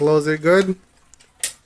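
Someone talks, then handles the plastic battery compartment cover of an AGM/S&T Armament MG 42 airsoft box magazine, loaded with four AA batteries, as it is pressed toward closed. Faint handling ticks come at 1.1 s and 1.2 s, followed by a louder, brief bright sound at 1.4 s. The cover has not snapped into place and nothing has seated yet.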